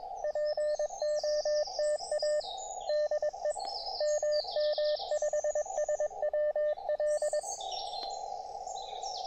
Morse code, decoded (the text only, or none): POTA DE MM5SWL